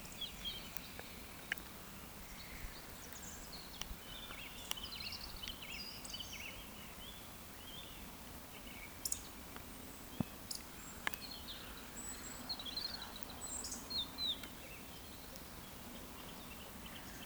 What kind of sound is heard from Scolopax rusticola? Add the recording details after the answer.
whistle, croak. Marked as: whistle, whistle, whistle, whistle, whistle, croak, whistle, whistle. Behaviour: display flight. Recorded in Baden-Württemberg, Germany, on 14 June 2020 at 19:57 UTC. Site 14569, 102 m above sea level